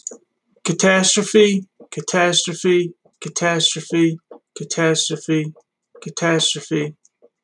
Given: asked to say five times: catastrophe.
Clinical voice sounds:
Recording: repeated word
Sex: male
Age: 30 to 39 years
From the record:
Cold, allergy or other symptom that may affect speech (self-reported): no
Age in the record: 32 years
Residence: New Jersey, United States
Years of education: 12

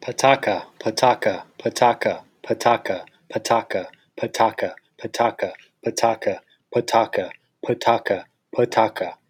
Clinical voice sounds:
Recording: repeated syllables /pa ta ka/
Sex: male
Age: 30 to 39 years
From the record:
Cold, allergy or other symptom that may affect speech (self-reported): no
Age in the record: 37 years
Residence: Nevada, United States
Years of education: 16

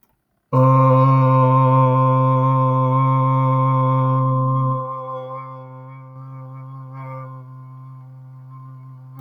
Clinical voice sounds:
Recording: vowel held as long as possible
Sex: male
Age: 20 to 29 years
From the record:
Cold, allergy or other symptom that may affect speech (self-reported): no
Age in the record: 22 years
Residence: New York, United States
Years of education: 16

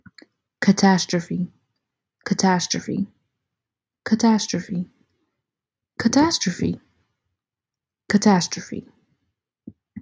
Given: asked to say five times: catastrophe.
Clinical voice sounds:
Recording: repeated word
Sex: female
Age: 20 to 29 years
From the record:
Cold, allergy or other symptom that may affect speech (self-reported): no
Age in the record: 23 years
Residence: Georgia, United States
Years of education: 18

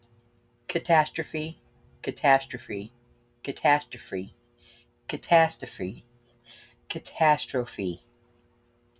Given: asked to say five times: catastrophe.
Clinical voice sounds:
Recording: repeated word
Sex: female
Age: 60 to 69 years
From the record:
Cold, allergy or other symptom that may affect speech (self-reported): no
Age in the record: 64 years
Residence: Texas, United States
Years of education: 12

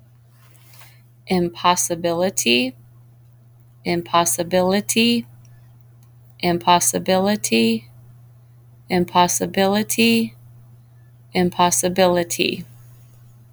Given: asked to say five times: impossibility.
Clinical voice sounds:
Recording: repeated word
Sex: female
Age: 40 to 49 years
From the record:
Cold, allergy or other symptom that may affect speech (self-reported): no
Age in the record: 42 years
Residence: Ohio, United States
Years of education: 17

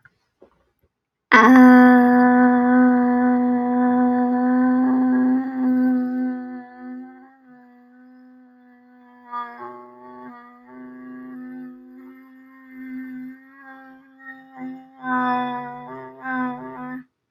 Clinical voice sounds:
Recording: vowel held as long as possible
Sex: female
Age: 30 to 39 years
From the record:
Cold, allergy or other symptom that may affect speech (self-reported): no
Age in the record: 38 years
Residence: Maryland, United States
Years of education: 14

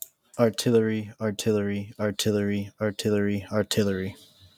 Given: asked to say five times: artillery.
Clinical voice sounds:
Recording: repeated word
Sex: male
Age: 20 to 29 years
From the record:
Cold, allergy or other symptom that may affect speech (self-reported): no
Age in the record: 26 years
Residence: Maine, United States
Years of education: 17

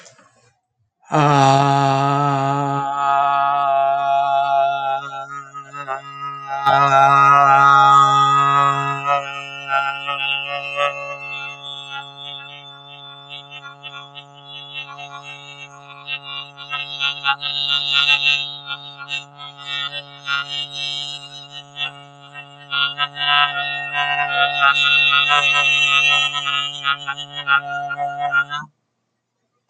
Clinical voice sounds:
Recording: vowel held as long as possible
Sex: male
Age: 30 to 39 years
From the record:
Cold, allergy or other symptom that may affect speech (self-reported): no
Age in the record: 39 years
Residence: Georgia, United States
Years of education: 14

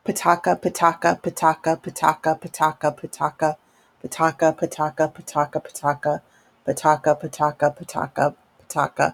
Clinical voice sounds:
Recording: repeated syllables /pa ta ka/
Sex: female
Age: 40 to 49 years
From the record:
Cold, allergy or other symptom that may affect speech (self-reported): no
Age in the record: 48 years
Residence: Ohio, United States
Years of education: 16

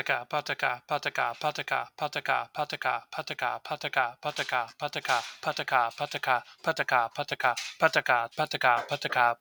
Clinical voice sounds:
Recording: repeated syllables /pa ta ka/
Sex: male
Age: 30 to 39 years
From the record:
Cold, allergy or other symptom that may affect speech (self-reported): no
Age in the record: 32 years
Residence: Texas, United States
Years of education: 16

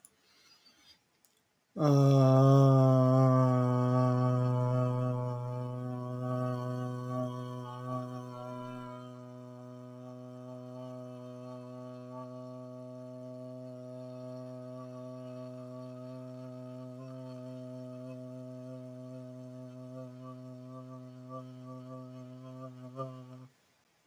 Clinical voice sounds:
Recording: vowel held as long as possible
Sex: male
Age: 18 to 19 years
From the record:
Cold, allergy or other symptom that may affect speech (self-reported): no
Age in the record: 18 years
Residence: Massachusetts, United States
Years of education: 14

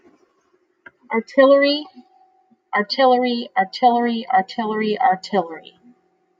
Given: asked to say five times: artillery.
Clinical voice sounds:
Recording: repeated word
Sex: female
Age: 30 to 39 years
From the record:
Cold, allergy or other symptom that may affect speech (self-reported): no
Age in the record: 36 years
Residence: Arizona, United States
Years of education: 21

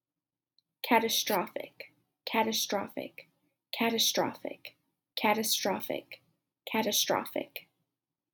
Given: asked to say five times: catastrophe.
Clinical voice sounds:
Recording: repeated word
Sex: female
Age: 20 to 29 years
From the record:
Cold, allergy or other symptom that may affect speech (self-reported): no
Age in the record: 22 years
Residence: Alabama, United States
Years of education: 14

